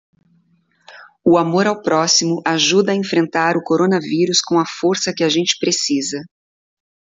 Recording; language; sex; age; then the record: spoken sentence; Brazilian Portuguese; female; 30 to 39 years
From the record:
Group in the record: control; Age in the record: 38 years